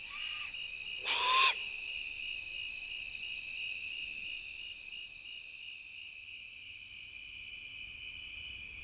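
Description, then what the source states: Great horned owl gives a faint short call, then one loud raspy hissing screech, with constant high-pitched insect trilling behind. Immature bird calling at night from a tree up ahead; prairie, late summer.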